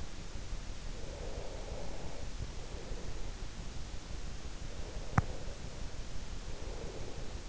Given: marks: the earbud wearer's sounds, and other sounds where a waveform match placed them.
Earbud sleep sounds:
sounds in sleep by an in-ear microphone; breath
1.03-3.39 s: breath
4.62-7.49 s: breath

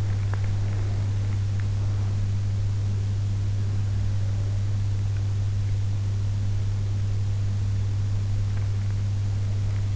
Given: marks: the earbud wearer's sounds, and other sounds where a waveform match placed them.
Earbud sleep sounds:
sounds in sleep by an in-ear microphone; teeth grinding
0.00-0.69 s: teeth grinding

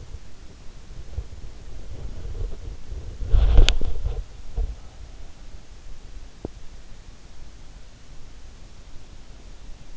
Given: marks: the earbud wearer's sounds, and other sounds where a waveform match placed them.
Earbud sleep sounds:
sounds in sleep by an in-ear microphone; body movement
0.00-6.92 s: body movement

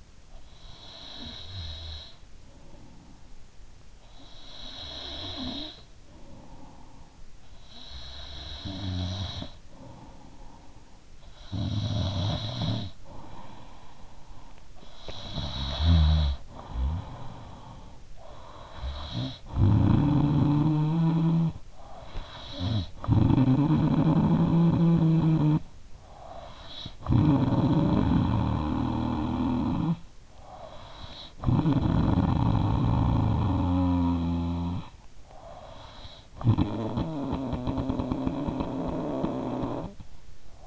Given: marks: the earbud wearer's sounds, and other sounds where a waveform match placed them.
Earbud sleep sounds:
sounds in sleep by an in-ear microphone; snoring breath
0.02-40.67 s: snoring breath

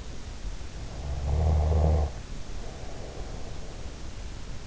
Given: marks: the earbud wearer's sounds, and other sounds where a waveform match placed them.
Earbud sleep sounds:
sounds in sleep by an in-ear microphone; snoring breath
0.97-3.98 s: snoring breath

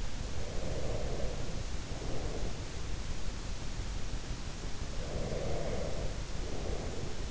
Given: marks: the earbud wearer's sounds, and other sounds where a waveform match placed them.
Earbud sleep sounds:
sounds in sleep by an in-ear microphone; breath
0.20-2.82 s: breath
4.91-7.31 s: breath

